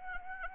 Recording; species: mosquito wingbeat signal from an infrared sensor; Anopheles arabiensis